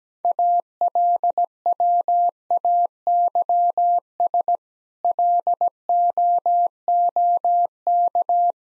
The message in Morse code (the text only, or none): ALWAYS LOOK